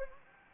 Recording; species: mosquito wingbeat signal from an infrared sensor; Anopheles gambiae